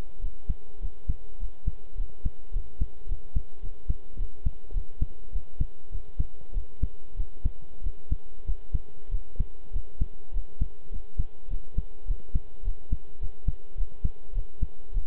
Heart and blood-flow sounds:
heart sounds by stethoscope; between the tricuspid and mitral areas; 102 bpm
0.21 s: heartbeat
0.81 s: heartbeat
1.39 s: heartbeat
1.97 s: heartbeat
2.52 s: heartbeat
3.08 s: heartbeat
3.62 s: heartbeat
4.17 s: heartbeat
4.73 s: heartbeat
5.32 s: heartbeat
5.91 s: heartbeat
6.53 s: heartbeat
7.16 s: heartbeat
7.83 s: heartbeat
8.46 s: heartbeat
9.11 s: heartbeat
9.72 s: heartbeat
10.33 s: heartbeat
10.91 s: heartbeat
11.50 s: heartbeat
12.07 s: heartbeat
12.64 s: heartbeat
13.20 s: heartbeat
13.77 s: heartbeat
14.34 s: heartbeat
14.93 s: heartbeat
From the record:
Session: pedaling a stationary bicycle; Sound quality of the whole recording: good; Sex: male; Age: 23 years

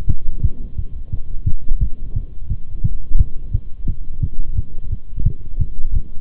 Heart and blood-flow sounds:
heart sounds by stethoscope; between the tricuspid and mitral areas; 174 bpm
0.09 s: heartbeat
0.44 s: heartbeat
0.78 s: heartbeat
1.12 s: heartbeat
1.47 s: heartbeat
1.81 s: heartbeat
2.16 s: heartbeat
2.50 s: heartbeat
2.84 s: heartbeat
3.19 s: heartbeat
3.54 s: heartbeat
3.88 s: heartbeat
4.23 s: heartbeat
4.57 s: heartbeat
4.92 s: heartbeat
5.26 s: heartbeat
5.61 s: heartbeat
5.95 s: heartbeat
From the record:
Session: Bruce protocol treadmill stress test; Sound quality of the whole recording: partially saturated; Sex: male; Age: 23 years

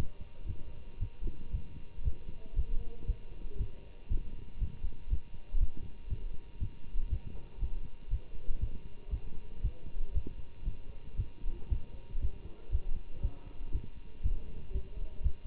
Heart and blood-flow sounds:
heart sounds by stethoscope; between the tricuspid and mitral areas; 118 bpm
0.47 s: heartbeat
0.99 s: heartbeat
1.52 s: heartbeat
2.04 s: heartbeat
2.55 s: heartbeat
3.06 s: heartbeat
3.58 s: heartbeat
4.09 s: heartbeat
4.59 s: heartbeat
5.09 s: heartbeat
5.59 s: heartbeat
6.09 s: heartbeat
6.59 s: heartbeat
7.09 s: heartbeat
7.60 s: heartbeat
8.10 s: heartbeat
8.60 s: heartbeat
9.10 s: heartbeat
9.62 s: heartbeat
10.13 s: heartbeat
10.64 s: heartbeat
11.16 s: heartbeat
11.69 s: heartbeat
12.20 s: heartbeat
12.71 s: heartbeat
13.22 s: heartbeat
13.72 s: heartbeat
14.22 s: heartbeat
14.72 s: heartbeat
15.22 s: heartbeat
From the record:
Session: Bruce protocol treadmill stress test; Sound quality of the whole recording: good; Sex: male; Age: 24 years

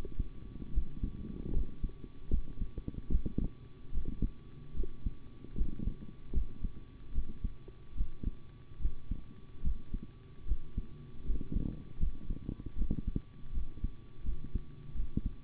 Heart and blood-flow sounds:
heart sounds by stethoscope; between the tricuspid and mitral areas; 76 bpm
0.72 s: heartbeat
1.52 s: heartbeat
2.29 s: heartbeat
3.10 s: heartbeat
3.92 s: heartbeat
4.74 s: heartbeat
5.55 s: heartbeat
6.32 s: heartbeat
7.13 s: heartbeat
7.95 s: heartbeat
8.80 s: heartbeat
9.62 s: heartbeat
10.46 s: heartbeat
11.24 s: heartbeat
11.98 s: heartbeat
12.76 s: heartbeat
13.52 s: heartbeat
14.23 s: heartbeat
14.94 s: heartbeat
From the record:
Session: rest, sitting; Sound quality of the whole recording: good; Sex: male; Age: 25 years

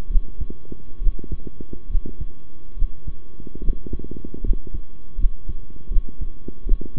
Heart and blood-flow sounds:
heart sounds by stethoscope; between the tricuspid and mitral areas; 73 bpm
0.09 s: heartbeat
1.00 s: heartbeat
1.89 s: heartbeat
2.76 s: heartbeat
3.61 s: heartbeat
4.43 s: heartbeat
5.17 s: heartbeat
5.90 s: heartbeat
6.65 s: heartbeat
From the record:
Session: rest, sitting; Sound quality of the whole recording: good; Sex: male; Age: 23 years

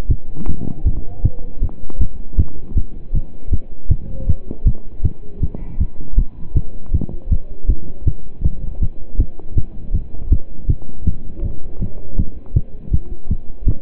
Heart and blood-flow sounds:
heart sounds by stethoscope; between the tricuspid and mitral areas; 159 bpm
0.10 s: heartbeat
0.48 s: heartbeat
0.86 s: heartbeat
1.24 s: heartbeat
1.62 s: heartbeat
2.00 s: heartbeat
2.38 s: heartbeat
2.76 s: heartbeat
3.14 s: heartbeat
3.52 s: heartbeat
3.90 s: heartbeat
4.28 s: heartbeat
4.66 s: heartbeat
5.04 s: heartbeat
5.42 s: heartbeat
5.80 s: heartbeat
6.18 s: heartbeat
6.55 s: heartbeat
6.93 s: heartbeat
7.31 s: heartbeat
7.69 s: heartbeat
8.06 s: heartbeat
8.44 s: heartbeat
8.81 s: heartbeat
9.19 s: heartbeat
9.56 s: heartbeat
9.94 s: heartbeat
10.31 s: heartbeat
10.69 s: heartbeat
11.06 s: heartbeat
11.43 s: heartbeat
11.80 s: heartbeat
12.18 s: heartbeat
12.55 s: heartbeat
12.92 s: heartbeat
13.30 s: heartbeat
13.67 s: heartbeat
From the record:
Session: pedaling a stationary bicycle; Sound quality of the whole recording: partially saturated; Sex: male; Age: 27 years

